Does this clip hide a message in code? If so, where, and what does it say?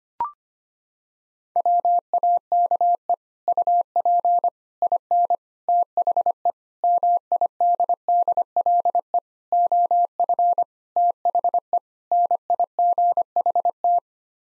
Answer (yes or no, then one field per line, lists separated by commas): yes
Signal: Morse code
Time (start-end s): 1.6-14.0 s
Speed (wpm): 25 wpm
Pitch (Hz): 700 Hz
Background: none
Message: WAKE UP IN THE MIDDLE OF THE NIGHT